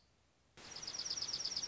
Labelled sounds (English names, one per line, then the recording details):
Dark-eyed Junco
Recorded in Sonoma County, California